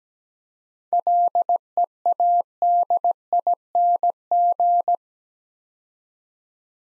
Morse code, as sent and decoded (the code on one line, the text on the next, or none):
.-.. . .- -.. .. -. --.
LEADING